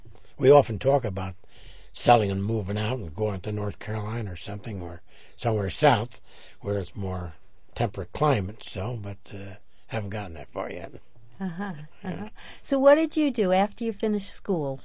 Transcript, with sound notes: We often talk about selling and moving out and going to North Carolina or something or somewhere South where it's more temperate climates so, but haven't gotten that far yet. (laughs)
Uh-huh. Uh-huh. So what did you do after you finished school?